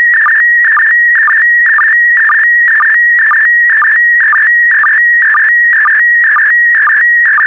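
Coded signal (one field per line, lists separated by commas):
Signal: SSTV (slow-scan television)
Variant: PD120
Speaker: three two one so so so so so transmission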